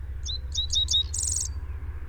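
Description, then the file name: Dickcissel song, a single phrase of four quick, sharp descending chips ending in a high, dry buzz. "Dickcissel - Spiza americana"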